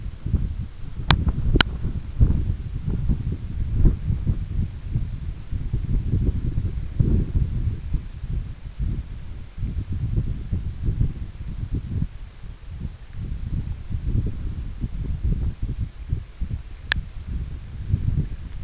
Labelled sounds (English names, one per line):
none